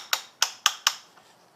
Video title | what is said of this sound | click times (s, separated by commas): Oil & Filter Change Hyundai Sonata 2011 SE 2.0T (Turbo) | Turn it till it clicks. | 0.1 s, 0.4 s, 0.7 s, 0.9 s